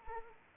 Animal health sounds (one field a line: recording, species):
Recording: mosquito wingbeat signal from an infrared sensor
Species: Anopheles arabiensis